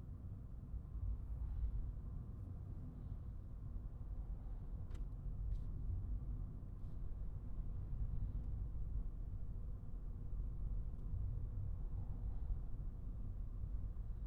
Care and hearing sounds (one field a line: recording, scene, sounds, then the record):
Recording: everyday scene through a hearing-aid microphone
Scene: in a vehicle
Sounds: engine, highway traffic jam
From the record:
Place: Skoda Fabia, gasoline engine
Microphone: behind the ear, right, front